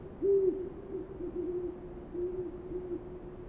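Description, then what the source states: Owl gives one loud, low hoot early on, followed by softer, drawn-out hoots at the same pitch. Several owls recorded on 28 February 2009.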